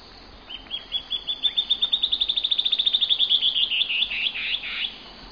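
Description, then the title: Band-tailed antbird song: high notes start slowly, speed into a dense, gently rising trill, then finish with a few harsher, lower notes. "LuckyPassaro Completos2Sama. Band-tailed Antbird (Hypocnemoides maculicauda)"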